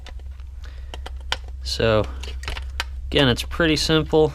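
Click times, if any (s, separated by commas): 1.3 s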